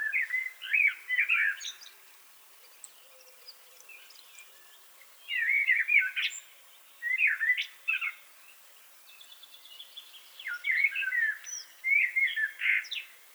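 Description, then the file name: Common blackbird singing repeated short fluty warbled phrases with high squeaky notes, separated by pauses. "Turdus merula"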